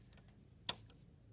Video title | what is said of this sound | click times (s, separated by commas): Longarm Thread Breakage Tutorial | little click and now I know what's in right and it's it's not going to cause many issues | 0.7 s